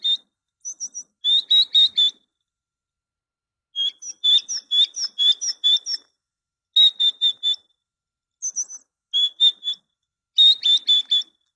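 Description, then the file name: Great tit song in short bursts of bright notes, each burst repeating a note several times, separated by brief pauses. Masteran, a training recording for songbirds. "suara masteran great tit"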